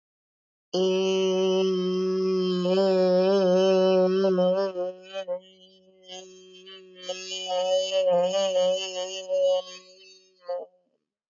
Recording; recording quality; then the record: sustained vowel as in made; excellent, no background noise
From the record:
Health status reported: recovered from COVID-19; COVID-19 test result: positive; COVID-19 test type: RT-PCR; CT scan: taken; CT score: 0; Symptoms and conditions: fatigue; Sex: female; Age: 55 years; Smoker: no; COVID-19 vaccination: both doses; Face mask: not worn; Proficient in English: yes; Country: India